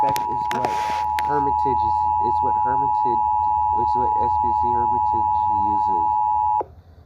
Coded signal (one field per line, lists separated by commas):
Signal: Emergency Alert System (SAME) tones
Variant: 853 and 960 Hz attention tone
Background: speech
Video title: How to Make EAS Scenario on Tablet (KINEMASTER TUTORIAL 2022) #easscenario #kinemaster #tutorial